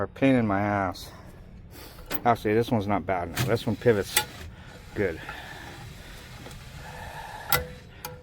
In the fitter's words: Locks into place.